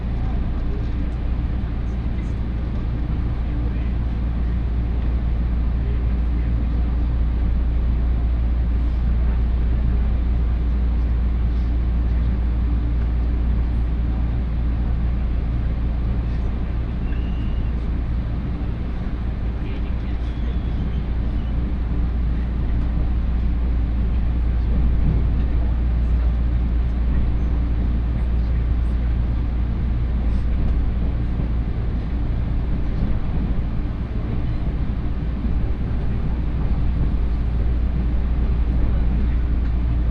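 A Tokaido Line local train runs steadily from Gifu toward Nagoya, a constant low rumble and hum with faint murmuring voices and small clicks.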